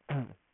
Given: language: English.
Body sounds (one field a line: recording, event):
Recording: throat vibration sensor signal played as sound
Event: throat clearing